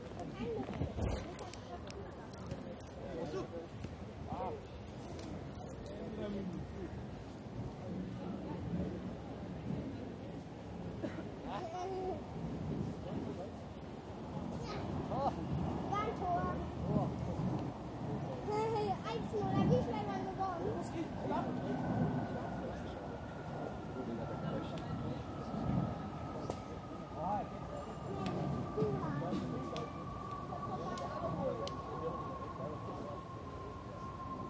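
Busy outdoor scene in Munich's Englischer Garten, with many overlapping voices talking continuously at a fairly even level. A low rumble runs underneath, and from about 21 seconds a steady high tone slowly falls in pitch, like a passing vehicle or machine.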